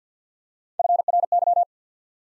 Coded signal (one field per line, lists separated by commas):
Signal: Morse code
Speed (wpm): 49 wpm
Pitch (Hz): 700 Hz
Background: none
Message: FRY